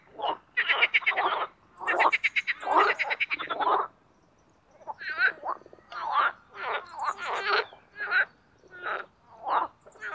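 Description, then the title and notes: Marsh frogs calling in a dense chorus of rattling, laughing pulsed croaks that overlap in bursts, with a brief pause midway before shorter croaks resume. Spring mating chorus in an artificial pond created for water activities at Parc Chédeville, Oise, after a cold night. "Les grenouilles et l’avion. Parc Chédeville dans l'Oise. des grenouilles rieuses se donnent rendez-vous au printemps pour un concert amoureux. La Grenouille rieuse ( Pelophylax ridibundus )"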